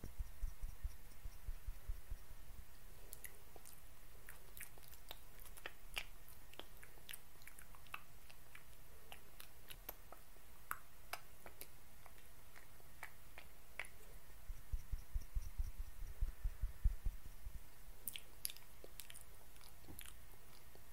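A face massage spa treatment made of soft, irregular tapping and sticky, clicking touches over a low, steady hiss. The small crisp clicks come in uneven clusters, thicker around three to eight seconds and again near fifteen to nineteen seconds, with gentle low thumps between.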